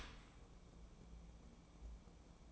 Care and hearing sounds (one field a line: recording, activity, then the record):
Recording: daily activity, microphone in the room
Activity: open dishwasher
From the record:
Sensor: 1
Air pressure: 1012.4 hPa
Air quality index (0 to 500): 170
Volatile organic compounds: 3 ppm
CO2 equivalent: 1390 ppm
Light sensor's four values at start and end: 338/777/342/376 and 339/779/343/377